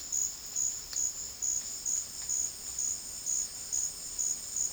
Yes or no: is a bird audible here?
no